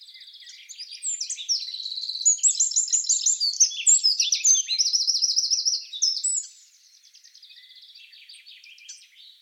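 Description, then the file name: Eurasian wren song: a loud, rapid outpouring of high, sharp notes with fast rattling trills in the middle, running about five seconds before fading to faint softer notes. "Troglodytes troglodytes"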